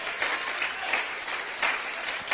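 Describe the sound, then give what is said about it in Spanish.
A crowd claps steadily in applause for Christ throughout, a dense crackling wash of many hands with slight swells in intensity, and no voices on top. “El aplauso sea más fuerte, que Él se lo merece.”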